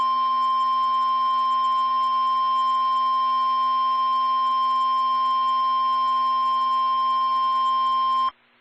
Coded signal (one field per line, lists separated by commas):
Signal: Emergency Alert System (SAME) tones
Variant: 1050 Hz attention tone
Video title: Tornado Warning (Jefferson County, IN) (3/25/21) [EAS #80]